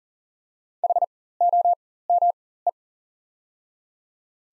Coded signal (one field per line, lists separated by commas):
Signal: Morse code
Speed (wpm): 40 wpm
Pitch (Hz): 700 Hz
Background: none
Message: HOME